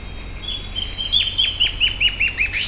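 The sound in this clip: A bird gives a brisk series of sharp downslurred chirps, ending in a rising note.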